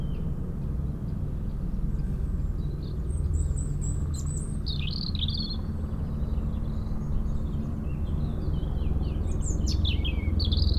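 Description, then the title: European robin song, high thin warbled phrases with sliding notes in two bursts, over a loud continuous low helicopter rumble. Sings in a hedge near Lac du Bourget, France, during a helicopter airlift for cliff works, its echo off the Corsuet mountain; Zoom H4n Pro placed upright on the ground. "4 Chem. de la Pointe Forestier, 73100 Brison-Saint-Innocent, France - Duo rouge-gorge hélicoptère."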